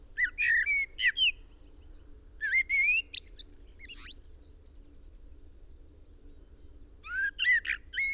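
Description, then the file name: Common blackbird giving bursts of harsh, buzzy notes with bright rising upper tones, grouped in three spells separated by silence, over a faint low hum. "Turdus merula"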